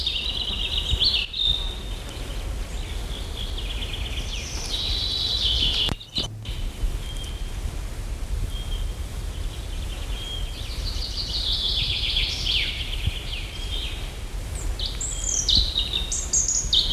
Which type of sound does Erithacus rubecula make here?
song